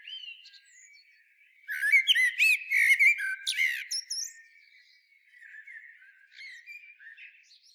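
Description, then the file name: Common blackbird: one loud phrase of rich fluted notes rising into a sharp squeaky flourish, followed by quieter, softer warbling. "Turdus merula"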